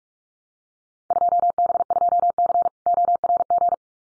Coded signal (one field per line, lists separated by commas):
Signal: Morse code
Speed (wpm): 44 wpm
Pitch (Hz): 700 Hz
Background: none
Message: 2B2C ORG